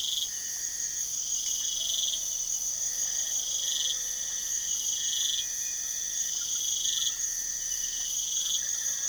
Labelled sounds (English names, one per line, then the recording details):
none
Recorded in pastures near Puerto Asís, Putumayo, Colombia, on 4 March 2025 at 04:00
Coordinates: 0.497, -76.327
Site G072